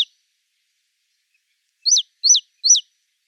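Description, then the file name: Great tit: three quick, sharp, high notes in a row near the end. "Parus major"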